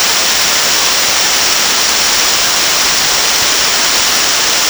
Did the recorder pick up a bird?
no